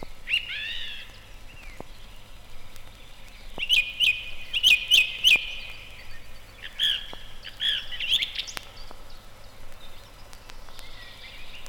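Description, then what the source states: Song Thrush song, clear whistled phrases with sharp repeated notes in bursts, pausing between strophes. Spring forest; unhurried sonorous phrases delivered from the top of a tall spruce.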